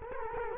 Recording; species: mosquito wingbeat signal from an infrared sensor; Culex quinquefasciatus